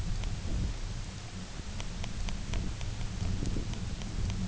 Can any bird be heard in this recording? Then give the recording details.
no. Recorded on Arctic tundra, site UTQI-0, on 20 June 2018. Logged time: 14:00